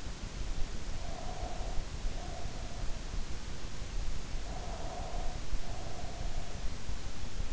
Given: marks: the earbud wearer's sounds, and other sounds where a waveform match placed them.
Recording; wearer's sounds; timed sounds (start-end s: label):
sounds in sleep by an in-ear microphone; breath
0.79-2.72 s: breath
4.30-6.49 s: breath